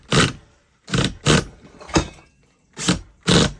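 A drill with a driver bit drives a screw into wood while held at an angle, so the bit cams out, slipping out of the screw head and reseating over and over. Short bursts of whirring, grinding noise are heard, with sharp slips at about 0.9, 0.9, 1.1, 2.0 and 2.9 seconds. The screw head is stripped, damaging both the screw and the bit.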